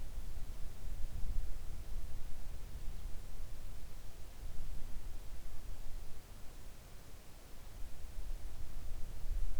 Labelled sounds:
near silence
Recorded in the Arctic National Wildlife Refuge, Alaska, on 3 August 2019 at 06:15
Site 41

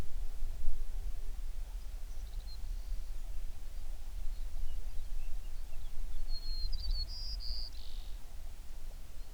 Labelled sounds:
songbird
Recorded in the Prudhoe Bay oil fields, Alaska, on 11 June 2019 at 04:55
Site 21

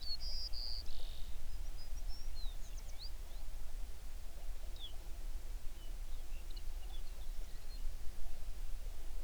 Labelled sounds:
songbird
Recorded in the Prudhoe Bay oil fields, Alaska, on 11 June 2019 at 05:20
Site 21

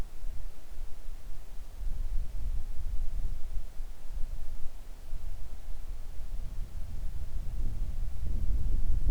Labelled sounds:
wind
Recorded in the Arctic National Wildlife Refuge, Alaska, on 3 August 2019 at 10:26
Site 41

